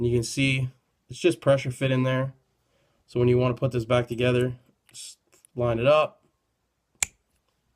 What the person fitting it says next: snaps back in and you're good to go